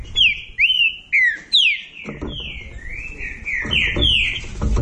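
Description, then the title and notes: Green-winged saltator whistling long descending slurred notes, then drawn-out level phrases, with low rumbling noise in the second half. Classic song of a trinca-ferro used as a training recording. "Canto Clássico Trinca Ferro TREINAMENTO. trinca fero"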